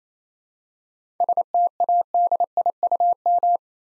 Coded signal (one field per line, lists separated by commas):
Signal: Morse code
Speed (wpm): 27 wpm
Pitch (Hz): 700 Hz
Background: none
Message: STADIUM